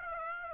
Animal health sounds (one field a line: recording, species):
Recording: mosquito wingbeat signal from an infrared sensor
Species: Aedes aegypti